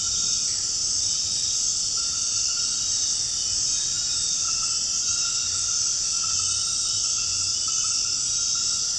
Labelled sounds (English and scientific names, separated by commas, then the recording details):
none
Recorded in secondary vegetation near Puerto Asís, Putumayo, Colombia, on 8 March 2025 at 21:00
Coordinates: 0.502, -76.326
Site G100